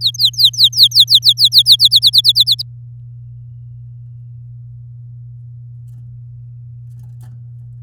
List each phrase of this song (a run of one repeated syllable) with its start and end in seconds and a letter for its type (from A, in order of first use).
0.01-1.76 A, 1.79-2.62 B